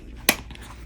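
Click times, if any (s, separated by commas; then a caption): 0.3 s. The metal lock piece on the flap of an empty Louis Vuitton Croisette Damier Ebene handbag, held from the back, is lined up and pushed down into its metal clasp. The turn lock snaps shut with one sharp, bright click at 0.3 s, followed by a few faint small ticks near 0.5, 0.6 and 0.9 s. The flap lock is seated and closed.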